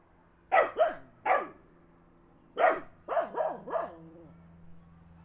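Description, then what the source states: Dog barking in two bursts, a quick trio, then after a pause another run of four barks, over a steady low engine-like hum. Dogs barking in the countryside as a car passes.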